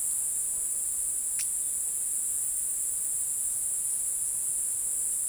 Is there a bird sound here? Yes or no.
no